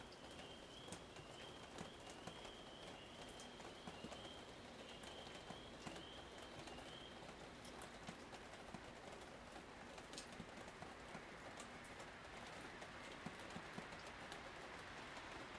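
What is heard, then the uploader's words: Raindrops drip and patter steadily from the roof, with frequent sharp little taps scattered throughout over a dense, even hiss. Birds call in the background, and a repeated high thin note sounds through the first seven seconds before fading. Raindrops, Wind Chimes, and Birds at Sunrise. Rain drops from the roof.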